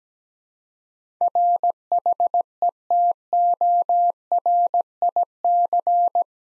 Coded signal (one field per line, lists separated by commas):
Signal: Morse code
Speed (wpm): 17 wpm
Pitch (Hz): 700 Hz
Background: none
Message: RHETORIC